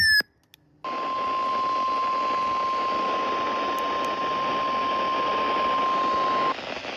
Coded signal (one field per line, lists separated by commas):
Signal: Emergency Alert System (SAME) tones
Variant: 1050 Hz attention tone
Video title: REUPLOADED EAS#195-196 Double Header Winter Storm Warning ON CHRISTMAS!